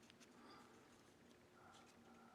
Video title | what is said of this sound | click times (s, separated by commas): Sinclair Cardsharp Credit Card Knife | everything locks into place it's | 0.1 s